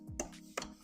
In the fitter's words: in order to take off your battery there's two releases so we're going to twist these and you hear click